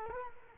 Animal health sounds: mosquito wingbeat signal from an infrared sensor; Culex quinquefasciatus

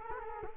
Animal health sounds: mosquito wingbeat signal from an infrared sensor; Culex quinquefasciatus

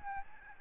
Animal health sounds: mosquito wingbeat signal from an infrared sensor; Aedes albopictus

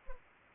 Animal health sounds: mosquito wingbeat signal from an infrared sensor; Anopheles arabiensis

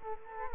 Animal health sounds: mosquito wingbeat signal from an infrared sensor; Culex quinquefasciatus

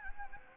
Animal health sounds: mosquito wingbeat signal from an infrared sensor; Anopheles gambiae

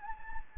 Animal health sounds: mosquito wingbeat signal from an infrared sensor; Anopheles gambiae

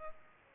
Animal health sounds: mosquito wingbeat signal from an infrared sensor; Aedes albopictus

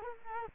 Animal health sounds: mosquito wingbeat signal from an infrared sensor; Culex quinquefasciatus

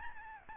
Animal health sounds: mosquito wingbeat signal from an infrared sensor; Aedes albopictus

